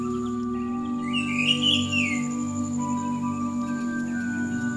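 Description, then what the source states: Bird sings a single warbled phrase that rises and then falls, lasting about a second, with a steady background hum throughout. Chirping bird song.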